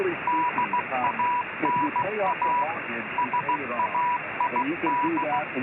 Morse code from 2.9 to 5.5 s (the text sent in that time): SAID